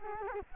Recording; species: mosquito wingbeat signal from an infrared sensor; Culex quinquefasciatus